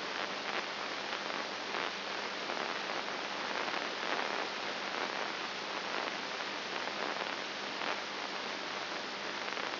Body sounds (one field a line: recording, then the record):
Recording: brain microelectrode recording played as sound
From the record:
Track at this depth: inside the subthalamic nucleus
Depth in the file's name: 4.9 mm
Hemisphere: right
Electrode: 2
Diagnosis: Parkinson's disease